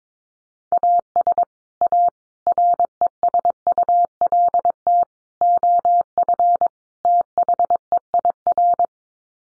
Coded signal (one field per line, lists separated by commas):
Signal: Morse code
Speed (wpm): 22 wpm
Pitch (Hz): 700 Hz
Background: none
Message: AS A RESULT OF THEIR